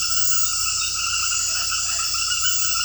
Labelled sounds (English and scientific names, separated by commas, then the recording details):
none
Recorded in dense forest near Puerto Asís, Putumayo, Colombia, on 18 February 2024 at 22:00
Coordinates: 0.487, -76.319
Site G6403